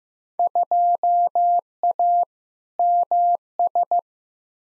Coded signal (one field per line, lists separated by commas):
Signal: Morse code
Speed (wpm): 15 wpm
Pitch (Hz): 700 Hz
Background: none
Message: 2A MS